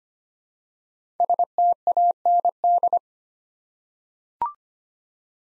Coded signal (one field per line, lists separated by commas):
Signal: Morse code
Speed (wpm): 25 wpm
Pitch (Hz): 700 Hz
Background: none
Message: STAND